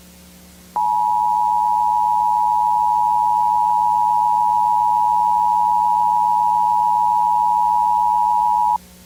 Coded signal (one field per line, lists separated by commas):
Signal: Emergency Alert System (SAME) tones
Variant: 853 and 960 Hz attention tone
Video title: EAS Mock - Severe Thunderstorm Warning (Kansas) [VHS]